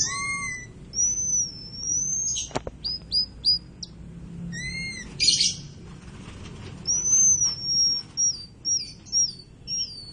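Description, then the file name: White-crowned forktail calling with shrill, high whistled notes, some slurred and falling, others short and clipped, in irregular bursts throughout with faint low rumble beneath. "meniinting besar"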